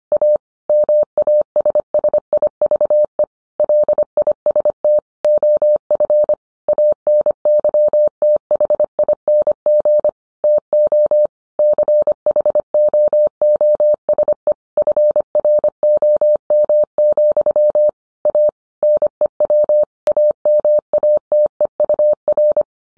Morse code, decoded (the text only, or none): A MASSIVE LIST OF ANYTHING TO CHOOSE FROM, A NEW AMATEUR